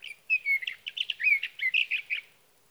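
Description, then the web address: Sage thrasher giving a short warbled phrase of quick chirpy notes and slurred whistles, lasting roughly two seconds. "birdsongforthecurious Sage Thrasher"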